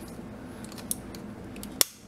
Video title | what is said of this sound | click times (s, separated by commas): Marvel Legends Groot BAF Guardians of the Galaxy figure review | that sounds like a nice click so you have his body first there | 1.8 s